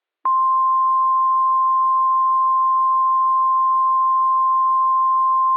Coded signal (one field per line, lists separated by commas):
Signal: Emergency Alert System (SAME) tones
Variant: 1050 Hz attention tone